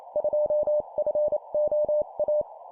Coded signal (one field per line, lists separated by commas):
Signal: Morse code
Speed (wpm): 28 wpm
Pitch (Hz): 600 Hz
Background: none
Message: 2FOA